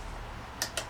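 An engine part that had not been seated properly is pushed back into place while a two-stroke string trimmer is being reassembled. Two quick, sharp ticks sound at 0.6 and 0.8 seconds over a low, steady background hum. The part is now seated.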